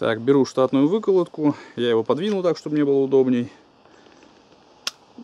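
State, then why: Seated. Someone talks, then the handguard retainer latch on the barrel assembly of a Tigr carbine is pressed down and snaps into place. A single sharp click is heard at 4.9 s, and the retainer is seated.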